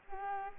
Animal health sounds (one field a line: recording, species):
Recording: mosquito wingbeat signal from an infrared sensor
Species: Aedes albopictus